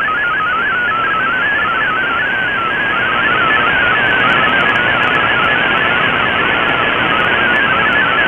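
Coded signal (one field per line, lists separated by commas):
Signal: multi-tone FSK (Olivia or MFSK type)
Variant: MFSK32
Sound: quick warbling tone hopping between pitches, like a fast bubbling melody, in hiss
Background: radio static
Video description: Here is my decode of the Shortwave Radiogram broadcast today on 7780Khz shortwave radio at 2330UTC in MFSK32 and with 4 SSTV images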